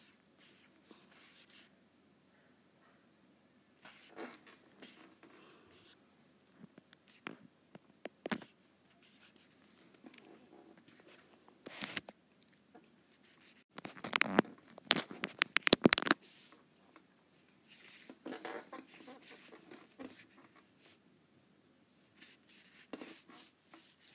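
A stylus taps and drags across a tablet screen, making dry clicks and soft scratchy strokes. Activity comes in irregular bursts, busiest and loudest around the middle with a quick run of taps, then thinning out toward the end.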